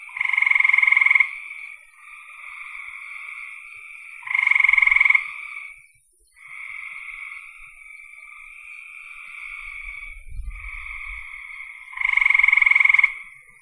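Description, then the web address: Frogs giving buzzy trilled calls, with three loud harsh bursts between softer droning trills, and a brief low thud late on. "cn frogs"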